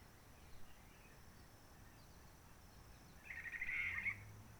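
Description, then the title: Réunion bulbul song: one short, tonal, warbling mid-pitched phrase late, heard over a steady background hiss. Roche Merveilleuse forest, Réunion; quiet since 19 March 2020 lockdown, no visitors, microlights or helicopters; sunny blue-sky weather; birds not very active; song simpler, short phrases adapted to noise pollution. "Roche Merveilleuse, Réunion - Merle de lîle de la Réunion."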